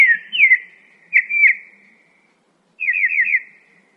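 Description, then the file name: Northern mockingbird song of clear slurred whistles: a downward sweep, a doubled note, then a rapid wavering whistled phrase repeated several times. "kicauan burung northern mockingbird. omkicau"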